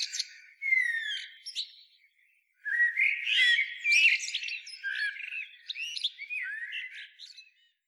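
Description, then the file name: Eurasian blackbird song: a fluting whistled phrase, a brief pause, then a long run of rich warbles. "Turdus merula"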